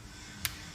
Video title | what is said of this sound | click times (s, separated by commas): Toyota Yaris T Sport / Engine Coolant Change / BY LUKE RIDES | it holds the clip in place and it locks in place wow | 0.5 s